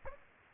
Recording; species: mosquito wingbeat signal from an infrared sensor; Aedes aegypti